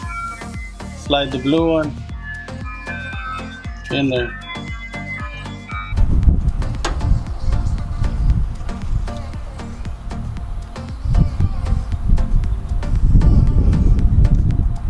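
Someone talks over music while the blue wire's terminal is slid into a plastic connector housing for the electric fan wiring on a Chevy Silverado. Handling and rustling noises with a few light taps follow. Nothing has clicked or seated yet.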